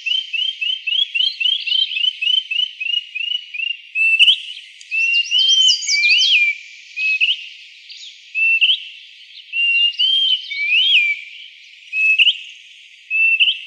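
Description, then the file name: Greater pewee calls: a fast run of short upslurred whistled notes near one pitch, then spaced, more varied whistled notes and slurs. Recorded in Arizona; filed among flycatchers. "GRPE 2 deviche"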